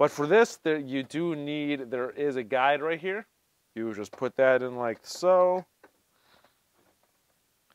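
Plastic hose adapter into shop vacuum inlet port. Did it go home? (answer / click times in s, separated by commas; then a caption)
no / none. Someone talks while lining a plastic hose adapter up with a guide and putting it into the inlet port of a Ryobi shop vacuum, followed by a few faint, quiet handling sounds. The adapter has not been twisted to lock yet, so nothing has seated or clicked.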